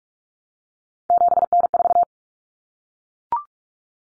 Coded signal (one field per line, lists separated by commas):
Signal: Morse code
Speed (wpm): 44 wpm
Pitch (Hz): 700 Hz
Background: none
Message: 7N4